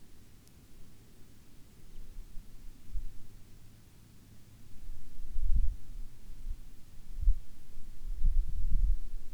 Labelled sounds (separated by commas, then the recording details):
songbird, wind
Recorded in the Arctic National Wildlife Refuge, Alaska, on 9 August 2019 at 11:45
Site 40